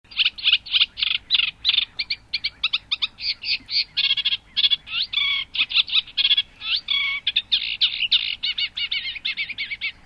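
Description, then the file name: Eurasian reed warbler, continuous jerky song of repeated churrs, clicks and rasping notes, the tempo staying brisk throughout with tiny pauses between phrases. "rousserole effarvate"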